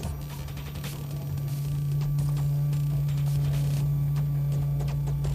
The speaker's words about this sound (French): je vais ajouter un rasoir électrique.